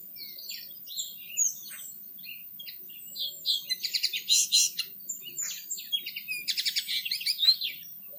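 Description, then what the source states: Birds singing bright, quick twittering phrases, with bursts of rapid buzzy trills in the second half. Birds singing in a garden.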